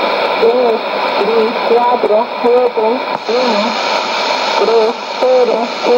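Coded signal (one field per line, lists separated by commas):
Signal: numbers station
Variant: HM01, Spanish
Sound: a voice reading short, evenly spaced words over steady radio hiss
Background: radio static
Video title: 09 09 2016 Cuban Spy Numbers HM01 in Spanish 0654 on 10345 and 9330 Bejucal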